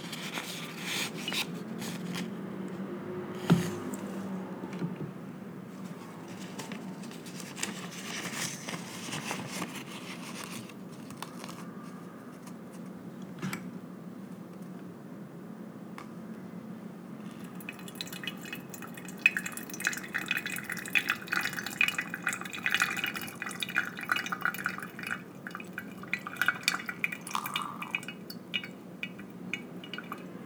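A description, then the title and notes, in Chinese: Coffee is quietly hand-brewed, with a steady low hum underneath throughout. Early on there are light clicks and a sharp knock near four seconds; from about seventeen seconds a thin stream of water pours and patters densely, louder and brighter, until the end. 靜默的手沖一杯咖啡。今日手沖咖啡豆：肯亞AA 綺凱合作社 肯亞式雙重發酵水洗。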